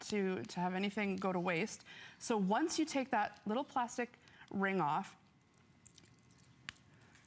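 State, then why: Seated. Someone talks for about five seconds, then removes a small plastic ring and pushes the plastic ink chamber of a Spectrum Noir glitter brush pen into the pen barrel. A few faint small ticks follow from about 5.9 s, and a sharp click at 6.7 s marks the chamber snapping into place.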